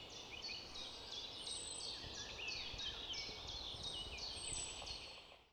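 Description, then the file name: Eurasian wren giving a steady run of sharp, high notes, about three per second, over a hissy background. "Troglodytes troglodytes"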